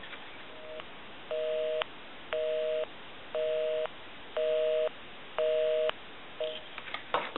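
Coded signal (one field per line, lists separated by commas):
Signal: telephone call progress tone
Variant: North America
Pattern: busy tone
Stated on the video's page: Call progress tone from an Ericofon and two Western Electric 2554 telephones during checkout and repair.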